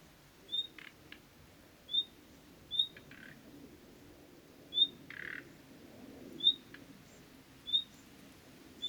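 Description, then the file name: Common nightingale giving repeated short, high, pure whistled notes, interspersed with a few harsh, buzzy rasping bursts, over a low rumbling background. "Luscinia megarhynchos"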